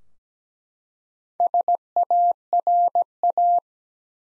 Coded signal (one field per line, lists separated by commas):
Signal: Morse code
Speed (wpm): 17 wpm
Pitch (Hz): 700 Hz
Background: none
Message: SARA